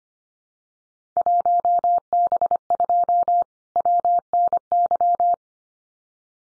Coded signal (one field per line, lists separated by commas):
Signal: Morse code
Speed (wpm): 24 wpm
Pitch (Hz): 700 Hz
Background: none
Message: 1B2 WNY